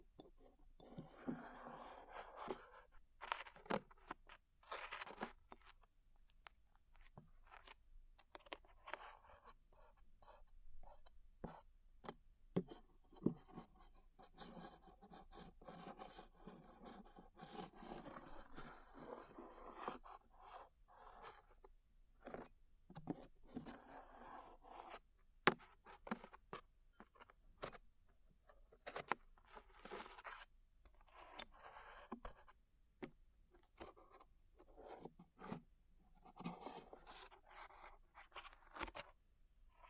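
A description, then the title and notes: Glue being peeled off skin, a steady stream of soft sticky crackles and tiny pops for the whole stretch. Brief rasping, scraping passes swell and fade every few seconds, with sharper snaps standing out now and then, especially around 25 seconds. ASMR Peeling Glue Off Your Ears (No Talking).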